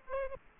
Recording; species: mosquito wingbeat signal from an infrared sensor; Aedes aegypti